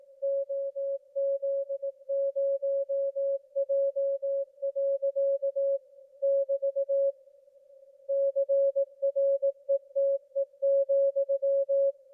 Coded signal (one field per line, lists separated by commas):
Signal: Morse code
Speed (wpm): 18 wpm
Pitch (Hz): 550 Hz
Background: music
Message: OZ0J. <BT> CRETE,